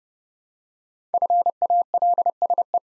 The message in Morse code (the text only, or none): FALSE